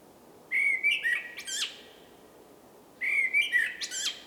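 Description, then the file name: Common blackbird song: two mellow fluted phrases a few seconds apart, each warbling then ending in high, scratchy twittered notes. "Turdus merula"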